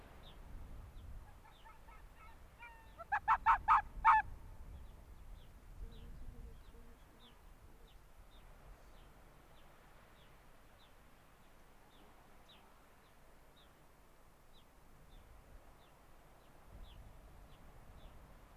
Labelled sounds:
Arctic Fox

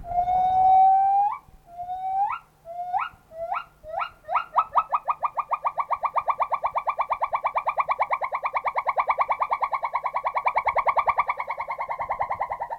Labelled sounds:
Silvery Javan Gibbon

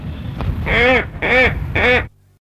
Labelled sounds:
Glossy Ibis call

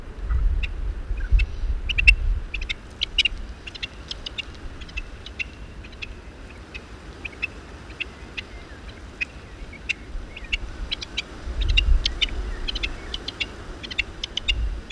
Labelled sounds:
Rock Partridge

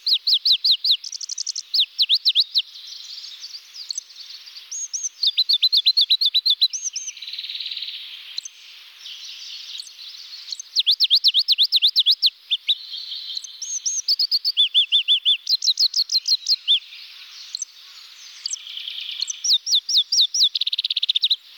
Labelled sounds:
Pallas's Leaf Warbler song

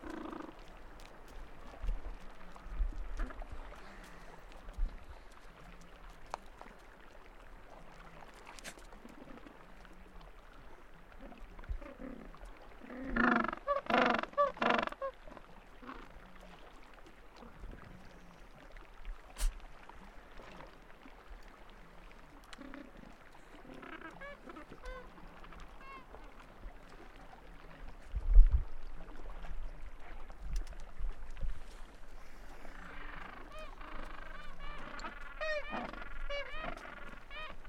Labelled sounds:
Gentoo Penguin call

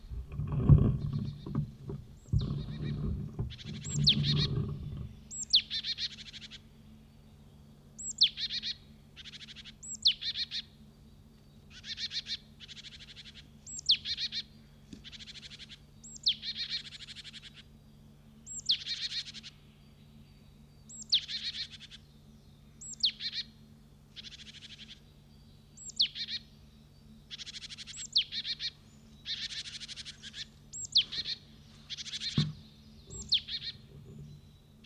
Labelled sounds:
Great Tit alarm call

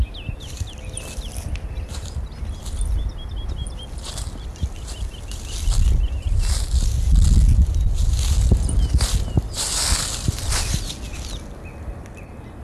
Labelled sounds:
Wood Lark song

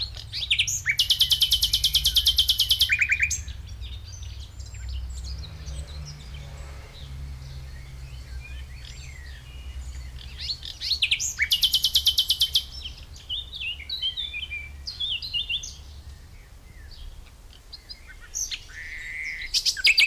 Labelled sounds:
Common Nightingale song

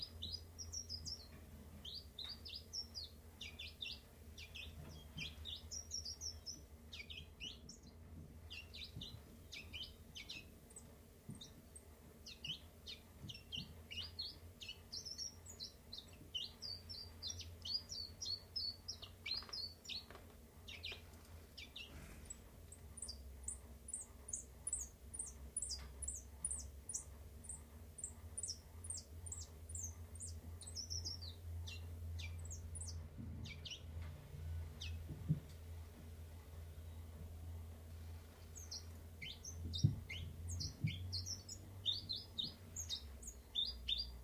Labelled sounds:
Common Chiffchaff

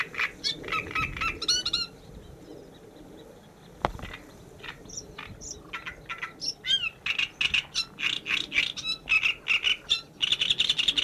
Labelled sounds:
Great Reed Warbler song

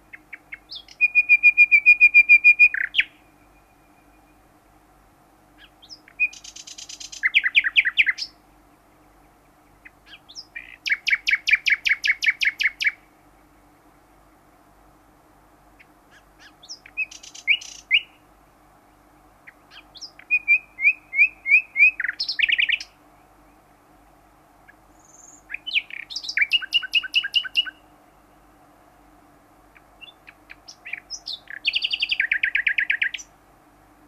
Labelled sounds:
Common Nightingale social call

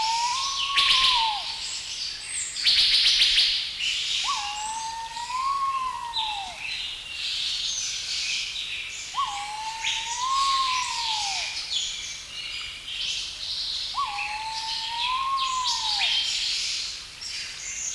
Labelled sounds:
Pheasant Pigeon call

